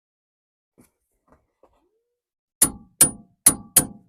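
A torque wrench on an inner tie rod tool tightens a new inner tie rod into the steering rack and is turned until it clicks. A few faint ticks come first, then four sharp, loud clicks at about 2.6, 3.0, 3.5 and 3.8 s. The wrench clicks at 2.6 s, confirming it reached the 74 setting.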